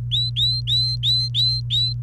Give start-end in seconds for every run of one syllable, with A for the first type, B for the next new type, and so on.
0.11-1.93 A